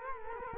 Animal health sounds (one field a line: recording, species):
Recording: mosquito wingbeat signal from an infrared sensor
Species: Culex quinquefasciatus